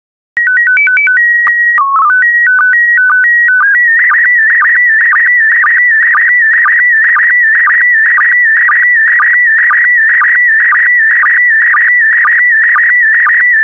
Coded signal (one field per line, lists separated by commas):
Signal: SSTV (slow-scan television)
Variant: PD 120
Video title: 25034 Food SSTV PD120